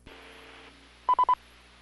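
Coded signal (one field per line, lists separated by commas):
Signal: none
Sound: repeater courtesy beep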